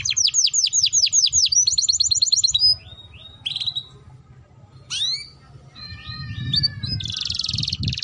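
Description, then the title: Domestic canary song: a rapid run of downward-swept notes, then fast rolling trills, brief whistles and a bright buzzing trill at the end, with faint low hum. Belgian canary breed; song played to warm up and stimulate canaries, including young birds, so they start singing quickly. "Canto Para Esquentar Canário Belga. Suara Pancingan Kenari Gacor || Ampuh Untuk Masteran Kenari Paud Agar Cepat Bunyi"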